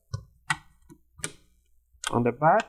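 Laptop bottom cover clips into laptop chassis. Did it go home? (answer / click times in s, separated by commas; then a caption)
yes / 0.1 s, 0.5 s, 1.2 s. The plastic bottom cover of an Acer Aspire Vero AV15-52-77MH laptop is pressed back on, with its corners squeezed so the plastic retaining clips snap into the chassis. Sharp clicks sound at 0.1, 0.5 and 1.2 seconds, with a fainter tick near 0.9 seconds, and then someone talks. The cover's clips are seated.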